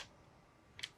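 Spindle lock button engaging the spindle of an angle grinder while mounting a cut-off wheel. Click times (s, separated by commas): 0.8 s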